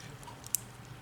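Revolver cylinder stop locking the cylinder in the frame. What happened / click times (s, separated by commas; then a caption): A metal latch snapped into its locked position / 0.6 s. The hammer of an R.I.A. M-206 revolver is cocked slowly, with faint ticks at 0.2 and 0.5 seconds. A sharp metallic click at 0.6 seconds is the cylinder stop locking the cylinder in the frame. The cylinder locks up as it should.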